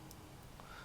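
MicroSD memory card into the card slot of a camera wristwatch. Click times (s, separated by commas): 0.1 s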